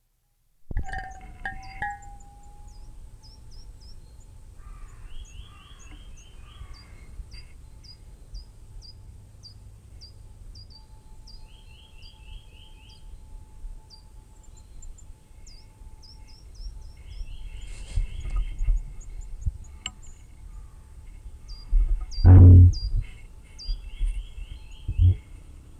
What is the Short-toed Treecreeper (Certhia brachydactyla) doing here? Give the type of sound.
call